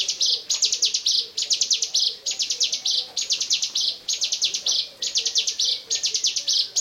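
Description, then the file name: Bar-winged prinia song in quick repeated phrases, each a rattle of high, thin notes ending in a buzz, delivered roughly once a second. "ciblekmonster"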